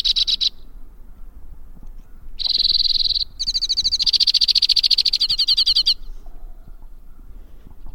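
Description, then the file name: White-winged crossbill giving two short, rapid trills separated by a gap, then a longer, slightly coarser trill, over faint low background noise. "suara kicauan burung white winged crossbill. omkicau"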